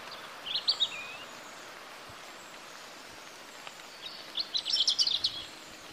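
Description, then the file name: European robin song: two thin, high warbled phrases of rapid twittering notes, the second longer and busier, separated by a few seconds of quiet with faint background hiss. "Erithacus rubecula"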